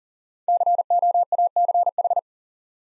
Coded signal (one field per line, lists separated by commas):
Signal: Morse code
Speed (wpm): 41 wpm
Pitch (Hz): 700 Hz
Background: none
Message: COACH